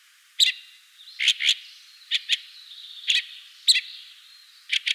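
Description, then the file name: Fieldfare uttering harsh chacking calls, some doubled, at short intervals, over a faint thin squeaky warble. "Turdus pilaris"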